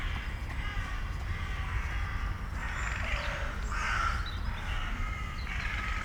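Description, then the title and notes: Crow caws: a few harsh rasping calls spaced out, against a persistent low engine-like drone. Corvids in Bois de la Cambre park, Brussels, Belgium; recorded with Lom mikroUsi microphones into a Deity PR-2. "Bois de la Cambre, Bruxelles, Bruxelles-Capitale, Belgique - corvids, woodpeckers planes and joggers. Corbeaux. corneilles, joggers, pic-épeiche, avions"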